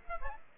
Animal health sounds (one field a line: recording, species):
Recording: mosquito wingbeat signal from an infrared sensor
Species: Aedes aegypti